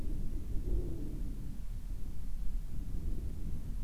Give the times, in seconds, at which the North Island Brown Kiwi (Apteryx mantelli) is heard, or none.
none